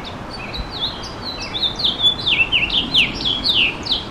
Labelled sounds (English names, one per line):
House Finch song